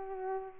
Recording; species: mosquito wingbeat signal from an infrared sensor; Culex pipiens